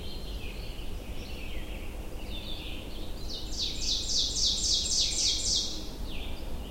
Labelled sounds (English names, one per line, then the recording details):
Ovenbird song
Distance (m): 25 m
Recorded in boreal forest in Alberta, Canada, on 22 June 2016 at 06:54
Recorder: SongMeter 3, array SBT-6-76
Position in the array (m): 163 m, 127 m
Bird 3